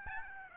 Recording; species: mosquito wingbeat signal from an infrared sensor; Aedes albopictus